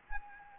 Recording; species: mosquito wingbeat signal from an infrared sensor; Anopheles arabiensis